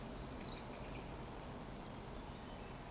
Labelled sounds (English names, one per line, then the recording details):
Eurasian Woodcock whistle
Eurasian Woodcock chase call
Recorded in Baden-Württemberg, Germany, on 11 June 2020 at 19:38 UTC
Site 14569, 102 m above sea level